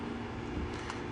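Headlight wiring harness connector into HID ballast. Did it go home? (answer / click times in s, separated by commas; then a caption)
no / none. A headlight wiring harness connector is being forced into the stiff plastic plug of an HID ballast during an HID conversion install on a 2010 Honda Accord Sedan LX. Low steady hum and rustling handling noise are heard, with a brief sharp sound near 0.9 s. Nothing has seated or clicked yet; the connector is not yet home.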